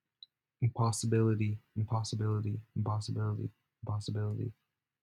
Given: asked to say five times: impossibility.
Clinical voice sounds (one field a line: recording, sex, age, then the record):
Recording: repeated word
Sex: male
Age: 20 to 29 years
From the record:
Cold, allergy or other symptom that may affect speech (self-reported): no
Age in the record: 21 years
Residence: California, United States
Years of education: 16